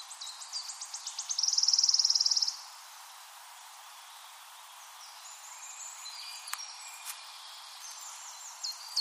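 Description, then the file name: Wood warbler song: high stuttering notes accelerate into a bright shivering trill, then quieter high chirps and a couple of sharp clicks follow in the background. Recorded 23 April 2013. "23 04 2013 Waldlaubsaenger"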